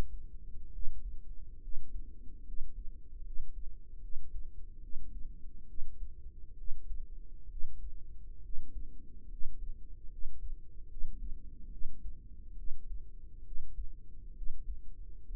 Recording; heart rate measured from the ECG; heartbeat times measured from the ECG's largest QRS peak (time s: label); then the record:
heart sounds by microphone in the right ear; 70 bpm
0.69 s: heartbeat
1.59 s: heartbeat
2.42 s: heartbeat
3.21 s: heartbeat
3.99 s: heartbeat
4.79 s: heartbeat
5.65 s: heartbeat
6.54 s: heartbeat
7.47 s: heartbeat
8.40 s: heartbeat
9.27 s: heartbeat
10.07 s: heartbeat
10.86 s: heartbeat
11.68 s: heartbeat
12.54 s: heartbeat
13.42 s: heartbeat
14.32 s: heartbeat
15.23 s: heartbeat
From the record:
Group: healthy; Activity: rest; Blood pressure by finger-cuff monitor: 117/61 mmHg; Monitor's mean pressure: 75 mmHg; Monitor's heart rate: 70 bpm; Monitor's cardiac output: 5.9 L/min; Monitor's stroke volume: 82 mL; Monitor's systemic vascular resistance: 930 dyn s/cm5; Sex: female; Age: 32 years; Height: 168 cm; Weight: 61.9 kg